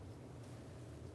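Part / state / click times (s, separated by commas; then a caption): speed sensor wiring connector into harness plug / not seated / none. The plastic electrical connector of a new NT speed sensor on a 2007-2011 Toyota Camry 2.4L is being pushed onto its mating wiring harness plug while a steady low hum and broadband noise continue throughout. Nothing has seated or clicked yet.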